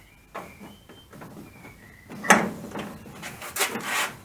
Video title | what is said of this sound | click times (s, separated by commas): 32 sedan Progress. Seats, floor, battery tray Pt2. Mart's Update 2021/ep21/pt2. | two clicks oh | 0.4 s, 2.3 s